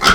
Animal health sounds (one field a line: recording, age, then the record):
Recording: pig call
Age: piglet (1 to 25 days)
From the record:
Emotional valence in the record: positive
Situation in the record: reunion after long isolation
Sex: female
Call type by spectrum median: low-frequency call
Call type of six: low-frequency tonal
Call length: 0.15 s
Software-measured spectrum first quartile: 1169 Hz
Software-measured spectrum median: 1846 Hz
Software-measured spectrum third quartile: 3959 Hz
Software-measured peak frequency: 1342 Hz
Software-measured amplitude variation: 111 dB a second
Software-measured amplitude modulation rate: 9.7 a second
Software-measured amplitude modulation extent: 11.3 dB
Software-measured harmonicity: 1.4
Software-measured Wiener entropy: -1.63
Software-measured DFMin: 598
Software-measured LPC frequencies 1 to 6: 1368, 2025, 3177, 4804, 5152, 6060 Hz